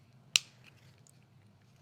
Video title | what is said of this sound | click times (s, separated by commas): Viridian Laser Install on a Taurus GX4 | and now it's clicked into place | 0.4 s